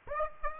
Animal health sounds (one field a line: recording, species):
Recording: mosquito wingbeat signal from an infrared sensor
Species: Aedes aegypti